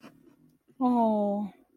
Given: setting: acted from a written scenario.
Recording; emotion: vocal sound without words; serenity